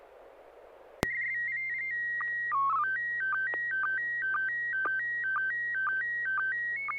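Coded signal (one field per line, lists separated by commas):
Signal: SSTV (slow-scan television)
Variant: PD 120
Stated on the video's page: Weekly amateur SSTV net on a 441.30 MHz FM repeater, images exchanged using MMSSTV software.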